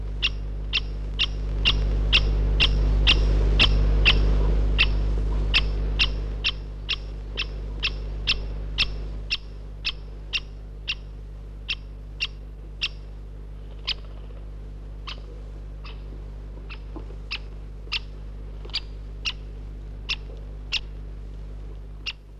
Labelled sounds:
Great Spotted Woodpecker (Dendrocopos major)
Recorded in the wild
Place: Järvselja, Tartu, EE
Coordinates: 58.2667, 27.3
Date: 1967-08-21
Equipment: Tesla Uran
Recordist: Jung, Norbert

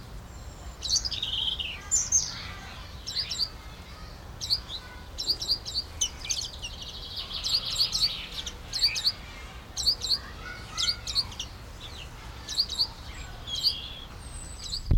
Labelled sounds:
Common Redpoll (Carduelis flammea)
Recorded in captivity
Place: Zoo Dresden, Sachsen, DE
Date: 1995-05-17 14:15
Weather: bedeckt, 12°C
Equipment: Marantz CP 430, Sennheiser ME 80, Kopie Uher 4000 Report Monitor
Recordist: Tembrock, Günter

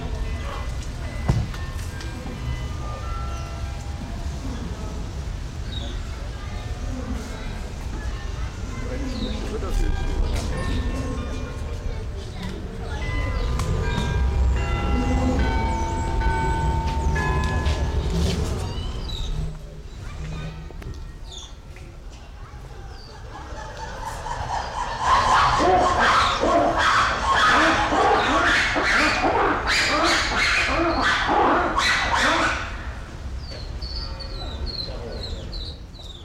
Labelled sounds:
Weeper Capuchin (Cebus olivaceus)
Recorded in captivity
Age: adult
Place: Zoo Berlin, Berlin, DE
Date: 1994-09-10 10:50
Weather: bedeckt, 15°C, z.T. Regen
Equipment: Marantz CP 430, Sennheiser ME 80, Kopie Uher Variocord 263
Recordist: Tembrock, Günter

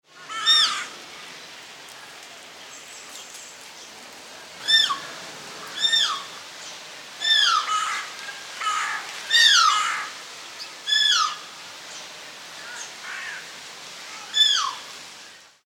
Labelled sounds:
Javan Rusa (Rusa timorensis)
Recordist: Tembrock, Günter
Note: Langlaute beim Treiben

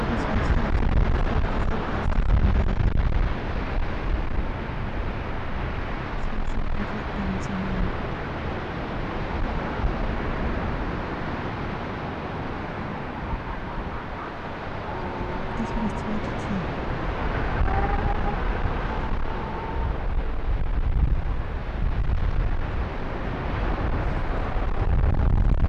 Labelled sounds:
Arctic Fox (Vulpes lagopus)
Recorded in the wild
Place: Insel Mednyi, Kommandeur-Inseln, RU
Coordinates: 54.5167, 168.083
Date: 1999-07-05 16:25
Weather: Nebel, 8°C
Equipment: Sony WM-D6C, Sennheiser ME 80, K 30 AV, Filter, Windkorb, Kopie Tascam DA 30
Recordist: Jakupi, Antje
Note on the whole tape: Südosten der Insel, Geröllfeld: Wechselbellen von zwei Tieren. Schlechtes Signal-Rausch-Verhältnis - starke Windgeräusche!!! Entfernung ca. 350 m

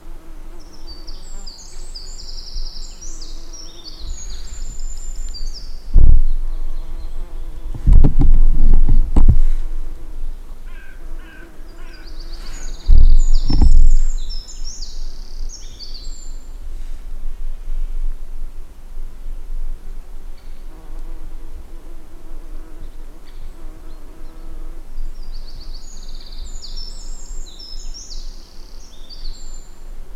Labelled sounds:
Eurasian Wren (Troglodytes troglodytes) song
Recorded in the wild
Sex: male
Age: adult
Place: Langasjönas, Blekinge, SE
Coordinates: 56.2369, 14.8611
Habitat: wood
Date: 2006-07-30
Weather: no clouds, ca. 20°C, almost no wind
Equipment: Marantz PMD 660, Sennheiser ME 66, Windkorb
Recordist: Frommolt, Karl-Heinz

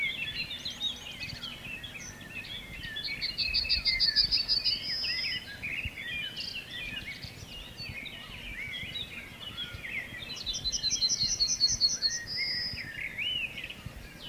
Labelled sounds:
Yellowhammer (Emberiza citrinella)
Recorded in the wild
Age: adult
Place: Schielleiten, AT
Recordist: Brunner, Thomas
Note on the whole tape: Aufnahme: Mitte Juni, Schielleiten, Steiermark

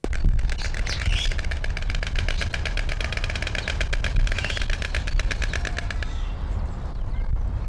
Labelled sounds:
White Stork (Ciconia ciconia)
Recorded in captivity
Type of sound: bill clattering
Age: adult
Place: Zoo Berlin, Berlin, DE
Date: 1993-03-20
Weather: 5-8°C, böiger Wind
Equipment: Marantz CP 430, Sennheiser ME 80, Kopie Uher Variocord 263
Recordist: Tembrock, Günter
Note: Schnabelklappern

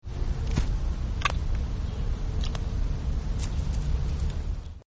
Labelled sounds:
Indian Muntjac (Muntiacus muntjak)
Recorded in captivity
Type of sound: dental sound, call
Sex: male
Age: adult
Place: Zoo Berlin, Berlin, DE
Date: 1993-08-04
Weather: fair, 25°C
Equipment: Marantz CP 430, Sennheiser ME 80, Kopie Uher Variocord 263
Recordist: Tembrock, Günter
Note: Zahngeräusch (Zahnschlagen) vom Männchen (Abstand 50 cm)

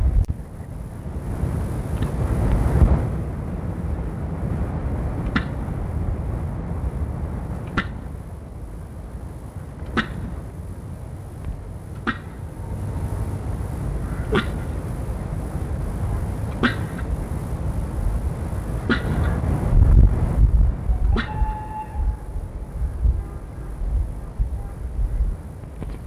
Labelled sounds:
Black Wildebeest (Connochaetes gnou) call
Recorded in captivity
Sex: male
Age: adult
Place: Tierpark Berlin, Berlin, DE
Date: 1961-12-02 15:00
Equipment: Minifon, Kopie Smaragd
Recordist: Tembrock, Günter

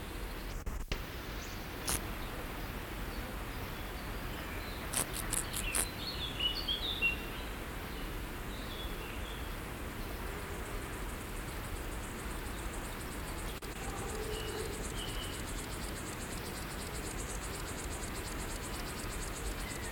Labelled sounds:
Field Grasshopper (Chorthippus brunneus) stridulation
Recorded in the wild
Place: Blankenfelde, Berlin, DE
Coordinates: 52.625, 13.404
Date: 1992-07-19 11:24
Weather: wolkig - sonnig, 22°C, Wind
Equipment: Marantz CP 430, Sennheiser ME 80, Kopie Tesla B 116
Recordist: Tembrock, Günter

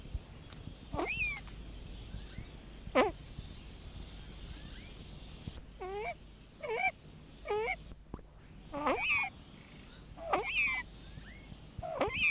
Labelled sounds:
Brown Eared Pheasant (Crossoptilon mantchuricum) call
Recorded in captivity
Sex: pair
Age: adult
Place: Zoo Hannover, Niedersachsen, DE
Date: 1971-03-02
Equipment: Halbspur, 9,5 cm/s
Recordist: Lütgens, Hans
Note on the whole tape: Paar

